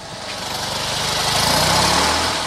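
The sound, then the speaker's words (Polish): The engine of a small 1985 Fiat 126p car with 98,000 on the odometer catches and settles into a steady, buzzing idle, its low rattling drone growing louder over a couple of seconds with no one talking. “Odpalił.”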